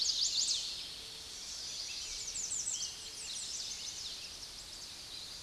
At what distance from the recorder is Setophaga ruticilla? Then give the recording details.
about 75 m. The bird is about 15 m above the microphone. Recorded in a Pennsylvania forest on 16 May 2024 at 06:13. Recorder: AudioMoth, point MSD-1401. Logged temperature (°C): 16.4 °C. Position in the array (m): 116 m, 231 m